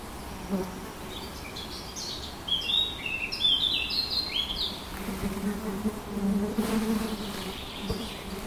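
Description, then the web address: Eurasian blackcap song: a quick burst of varied, warbling, fluty notes over about two and a half seconds, against a low background drone. "linnut mustapaa"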